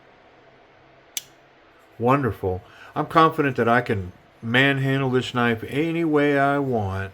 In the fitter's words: just you hear it click in all by itself